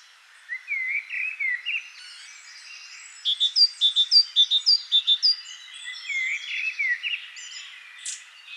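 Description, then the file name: Great tit giving a lively series of calls: scattered chirps at first, then a fast run of repeated sharp high notes, then softer varied notes. "Parus major"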